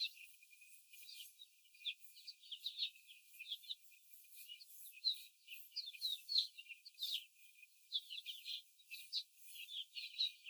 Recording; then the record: young laying hens in a cage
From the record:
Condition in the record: before the stressor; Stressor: simulated dog barking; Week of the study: 4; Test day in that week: 1